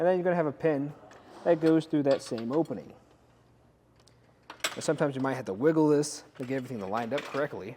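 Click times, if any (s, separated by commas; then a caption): none. A metal locking pin is lined up with the fold latch opening of a folding aluminum rucRak 18x40 Recruit hitch cargo carrier on a 2014 Jeep Grand Cherokee, and it may need wiggling to line up. Someone talks throughout, with faint small handling taps between the phrases around 4.0–4.7 s. Nothing has seated or clicked yet.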